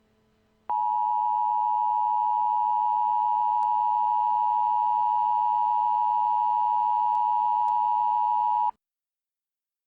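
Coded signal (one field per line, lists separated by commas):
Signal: Emergency Alert System (SAME) tones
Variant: 853 and 960 Hz attention tone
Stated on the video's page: EAS scenario made for fun, part of the SCP:CB soundtrack; SAME tones of uncertain validity.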